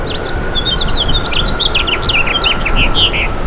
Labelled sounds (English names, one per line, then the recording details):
House Finch song
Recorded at Bridgehampton on Long Island, New York, on 22 June 2013
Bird G